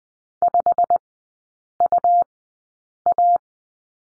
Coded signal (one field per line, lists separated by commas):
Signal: Morse code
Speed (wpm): 20 wpm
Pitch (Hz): 700 Hz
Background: none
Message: 5UA